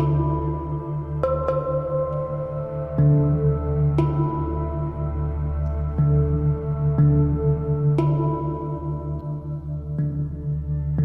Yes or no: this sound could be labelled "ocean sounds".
no